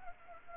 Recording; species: mosquito wingbeat signal from an infrared sensor; Culex pipiens